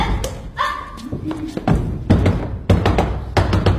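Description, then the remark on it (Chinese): Someone knocks on a door in a series of dull, heavy thuds that come in loose, uneven clusters, with a brief voice early on asking for the door to be opened. “哎，开门呀，我有话跟你说。”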